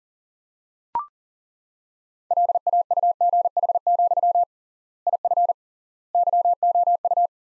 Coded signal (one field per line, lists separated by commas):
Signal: Morse code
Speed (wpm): 40 wpm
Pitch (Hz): 700 Hz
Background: none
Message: LAUGH, IF YOU